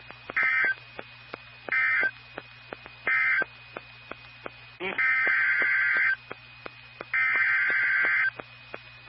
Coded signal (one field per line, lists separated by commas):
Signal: Emergency Alert System (SAME) tones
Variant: header bursts